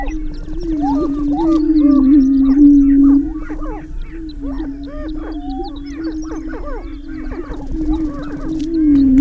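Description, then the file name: Greater prairie chickens booming: a steady, low hooting drone runs throughout, overlaid by many sharp cackles and whooping calls from several birds. Booming recorded on 6 May 2005. "2005-05-06 Greater Prairie Chicken Booming"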